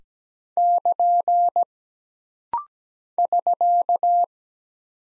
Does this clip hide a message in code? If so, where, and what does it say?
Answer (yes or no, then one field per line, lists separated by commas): yes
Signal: Morse code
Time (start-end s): 0.6-4.2 s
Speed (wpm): 17 wpm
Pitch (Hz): 700 Hz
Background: none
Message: <KN> <SK>